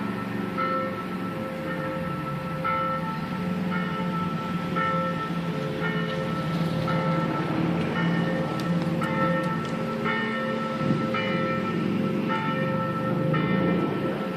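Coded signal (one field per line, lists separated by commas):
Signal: bell signal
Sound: a single small bell swung steadily, ringing about once a second throughout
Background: low traffic rumble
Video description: -h.18:25: distesa della minore La3 5 minuti prima della messa delle 18:30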